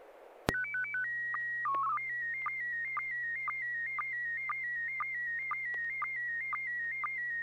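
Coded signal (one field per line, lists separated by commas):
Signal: SSTV (slow-scan television)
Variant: PD 120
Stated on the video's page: SSTV images exchanged on a weekly amateur net via an FM repeater on 441.300 MHz in Sacramento, California.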